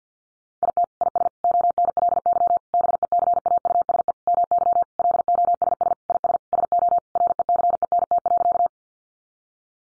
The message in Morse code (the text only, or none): IT IS ONLY BECAUSE MY LOSS IS SO RECENT.